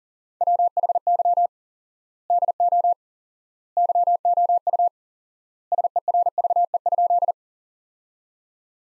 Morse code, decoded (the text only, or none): WHY DO YOU SERVE?